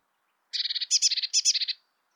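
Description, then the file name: Eurasian blue tit giving one scolding churr, about a second of fast, harsh, buzzy notes that rise and fall in three short surges. "Cyanistes caeruleus"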